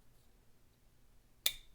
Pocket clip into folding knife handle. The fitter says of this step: the other side and it clicks in place okay so you can swap the pocket clip